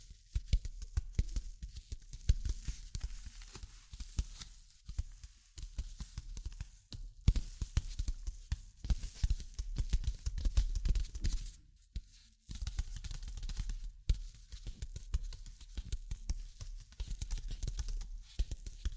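Dense, uneven tapping and scratching: rapid dry knocks with a low thud and hissy scraping, briefly pausing near seven and twelve seconds.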